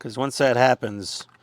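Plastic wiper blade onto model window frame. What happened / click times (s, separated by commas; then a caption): Handled, not yet home: the small plastic part has not clicked in yet / none. A small plastic wiper blade for a large-scale Agora Models Generation 1 Optimus Prime Transformers model kit is handled near the window frame it fits onto. Someone talks throughout. Nothing has seated or clicked into place yet.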